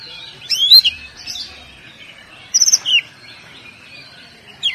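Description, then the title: Oriental magpie-robin singing bright whistled phrases: a rising slurred note, then a quick trilled burst and a falling whistle. "Kacer"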